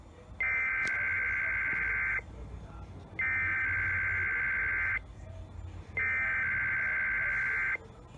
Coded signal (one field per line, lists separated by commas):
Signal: Emergency Alert System (SAME) tones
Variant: header bursts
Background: speech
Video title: NWS Cleveland RWTs (EAS #2734-2736)